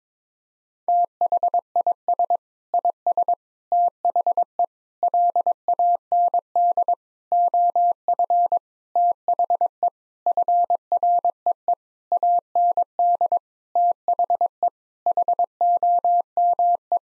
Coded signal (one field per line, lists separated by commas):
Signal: Morse code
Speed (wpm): 22 wpm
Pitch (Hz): 700 Hz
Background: none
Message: THIS IS THE LAND OF THE FREE AND THE HOME